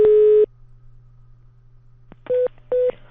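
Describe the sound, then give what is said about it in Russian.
Telephone line tones on a call to a police duty desk: a loud steady mid-pitched beep, a pause with low hum, a click, then two shorter identical beeps in quick succession. No one speaks. “Владимир Владимирович звонит. Сейчас.”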